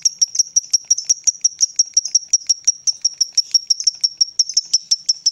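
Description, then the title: Lovebird chirping: a steady, rapid run of sharp high chirps throughout. Lovebird whose style makes it look very clever at 'memancing', luring or provoking other birds into calling. "Dari Gayanya Lovebird Ini Terlihat Pintar Sekali Memancing"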